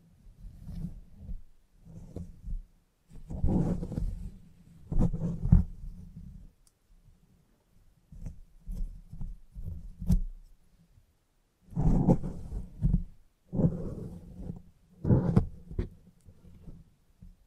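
Head massage with steady, soft low thumping and rubbing, broken by brighter brushing bursts near 4, 5, 12 and 15 seconds.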